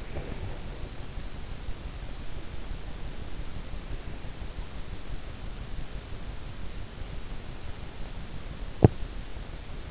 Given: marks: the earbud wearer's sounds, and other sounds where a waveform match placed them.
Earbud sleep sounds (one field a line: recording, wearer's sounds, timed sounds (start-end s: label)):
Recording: sounds in sleep by an in-ear microphone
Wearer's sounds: breath, teeth grinding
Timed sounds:
0.00-0.87 s: breath
8.60-9.07 s: teeth grinding